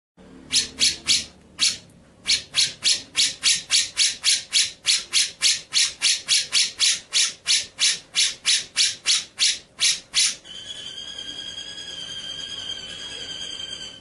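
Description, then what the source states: White-rumped shama song: a long run of many harsh notes repeated steadily, then a sustained steady high sound. Masteran (training track) of white-rumped shama in full rolling and shooting song style (ngerol nembak).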